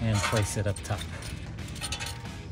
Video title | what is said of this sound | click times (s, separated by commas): 2019-2024 Silverado 1500 MGP Brake Caliper Covers with Bowtie Logo Review & Install | until it snaps right into place like that. | 1.9 s